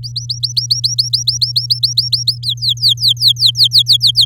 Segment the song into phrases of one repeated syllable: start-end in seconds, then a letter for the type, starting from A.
0.03-2.38 A, 2.43-4.25 B